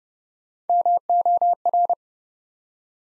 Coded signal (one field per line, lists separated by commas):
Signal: Morse code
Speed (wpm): 30 wpm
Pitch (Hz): 700 Hz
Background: none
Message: MOR